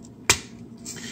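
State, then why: Seated. A plastic PC17 kit part is slotted into a PC17 Core Magnus toy figure. A single sharp, loud click sounds at 0.3 s over quiet background noise. The part clicks in and is seated.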